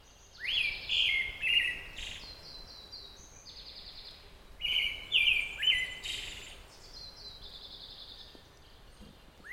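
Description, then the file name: Pale thrush song: two phrases of three clear whistled notes, each followed by thin, high twittering notes, separated by a pause of about three seconds, with steady background hiss. "thrush-pale -Turdus-pallidus"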